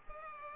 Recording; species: mosquito wingbeat signal from an infrared sensor; Culex pipiens